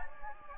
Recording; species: mosquito wingbeat signal from an infrared sensor; Anopheles gambiae